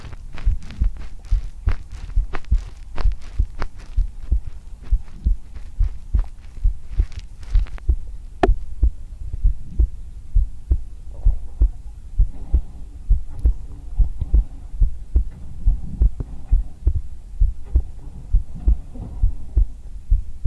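Regular low thuds repeat at about 67 beats a minute, each beat a soft paired thump of a normal adult heartbeat heard directly on bare skin through a 3Dio binaural microphone. Scratchy contact and rustling noise appears in the first several seconds, then settles. Calm, long-running heartbeat for relaxation and deep sleep.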